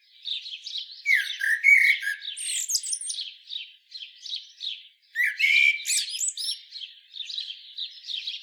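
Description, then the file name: Common blackbird producing two louder bursts of scratchy, high twittering with slurred whistles, each followed by softer, repeated warbled notes. "Turdus merula"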